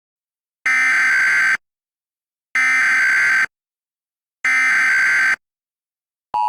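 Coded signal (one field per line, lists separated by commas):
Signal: Emergency Alert System (SAME) tones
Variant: header bursts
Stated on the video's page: Recreated mock cable system alert relay using valid tones, interrupting a cartoon, in a fictional setting.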